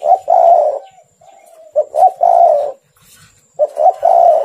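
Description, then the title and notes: Spotted dove cooing: loud husky coo phrases, each a couple of short notes then a longer hummed coo, repeated about every two seconds, with a softer coo between. "Tekukur. Kicau Burung"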